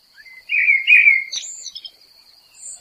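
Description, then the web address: Common blackbird song: a rich fluted warbling phrase, followed by a thin high squeaky twitter, with a steady high-pitched hum throughout. "SETE data Turdus merula"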